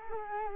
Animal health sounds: mosquito wingbeat signal from an infrared sensor; Culex quinquefasciatus

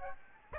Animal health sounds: mosquito wingbeat signal from an infrared sensor; Aedes albopictus

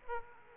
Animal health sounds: mosquito wingbeat signal from an infrared sensor; Aedes aegypti

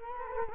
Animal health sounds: mosquito wingbeat signal from an infrared sensor; Culex quinquefasciatus

